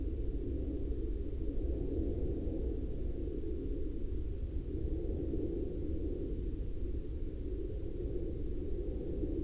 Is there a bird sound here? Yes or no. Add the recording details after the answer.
no. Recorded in the Prudhoe Bay oil fields, Alaska, on 10 July 2021 at 01:32. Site 16